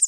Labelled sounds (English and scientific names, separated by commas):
Northern Parula (Setophaga americana) flight call